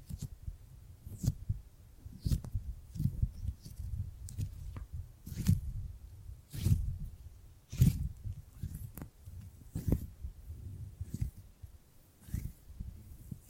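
Gripping and grabbing sounds: dull, low thuds and rubbing handling noises at an irregular pace, with occasional sharper clicks throughout.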